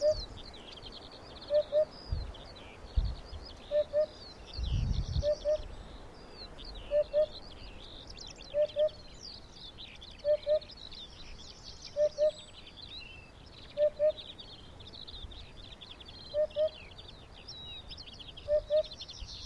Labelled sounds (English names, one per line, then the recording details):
Eurasian Hoopoe
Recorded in the wild
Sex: male
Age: adult
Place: NSG Schönower Heide, Naturpark Barnim, Brandenburg, DE
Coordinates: 52.6864, 13.5175
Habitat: meadow
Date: 2011-05-22
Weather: sunny, 15°C, weak easterly winds
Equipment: Sound Devices 702, Sennheiser MKH 70, Rycote Windschutz
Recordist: Frommolt, Karl-Heinz